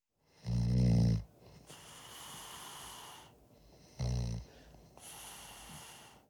Sleeping there in the studio they stuck a microphone in his face and recorded him snoring.